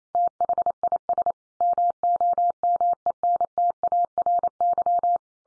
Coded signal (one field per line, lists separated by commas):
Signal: Morse code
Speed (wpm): 28 wpm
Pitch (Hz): 700 Hz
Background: none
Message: THIS MOMENTARY